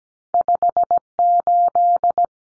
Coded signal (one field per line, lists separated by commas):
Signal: Morse code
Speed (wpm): 17 wpm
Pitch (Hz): 700 Hz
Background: none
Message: 58